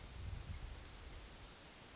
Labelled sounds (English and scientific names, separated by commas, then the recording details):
Yellowhammer (Emberiza citrinella) song
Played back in forest
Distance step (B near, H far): G
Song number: 046